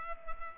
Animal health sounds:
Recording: mosquito wingbeat signal from an infrared sensor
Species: Culex pipiens

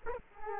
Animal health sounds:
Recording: mosquito wingbeat signal from an infrared sensor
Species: Culex quinquefasciatus

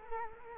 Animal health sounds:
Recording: mosquito wingbeat signal from an infrared sensor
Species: Culex quinquefasciatus

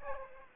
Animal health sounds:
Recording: mosquito wingbeat signal from an infrared sensor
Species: Aedes aegypti

